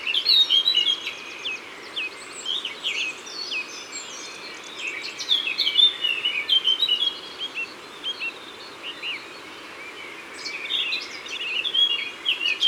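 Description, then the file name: Eurasian blackcap song in several rich warbling phrases, each a rapid jumble of chirps and whistles, with quieter spells between them. Recorded in Isère. "Fauvette-a-tete-noire-Concerts-naturels-de-l Isere-Studio-Les-Trois-Becs"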